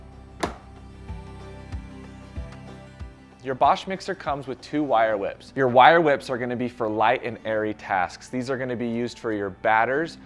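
The plastic mixing bowl of a white Bosch Universal Plus stand mixer is fitted over the drive and turned counterclockwise onto the motor base, giving a single sharp click at 0.4 s as it twist-locks and seats. Music plays underneath, and then someone talks.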